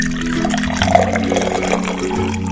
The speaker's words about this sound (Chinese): 首先，我们要来制作布丁液。先将牛奶全部倒进锅子里。